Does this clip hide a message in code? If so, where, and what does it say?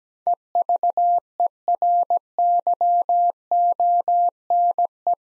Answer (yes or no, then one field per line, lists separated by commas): yes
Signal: Morse code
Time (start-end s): 0.3-5.1 s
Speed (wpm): 17 wpm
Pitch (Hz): 700 Hz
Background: none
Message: EVERYONE